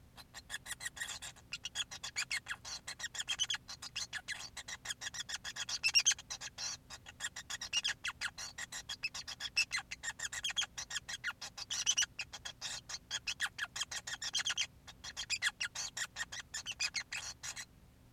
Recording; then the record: song of a male Bengalese finch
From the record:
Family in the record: son of father 5